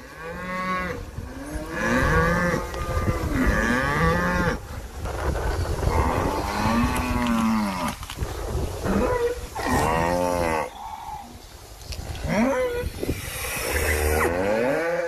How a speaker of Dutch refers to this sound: Dit is een opname die gemaakt is door een fietser die langs een kudde koeien rijdt.